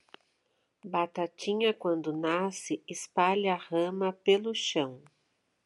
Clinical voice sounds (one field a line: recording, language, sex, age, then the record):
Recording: short text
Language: Brazilian Portuguese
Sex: female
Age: 50 to 59 years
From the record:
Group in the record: control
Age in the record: 54 years